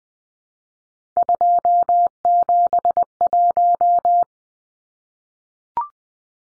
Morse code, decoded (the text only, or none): 271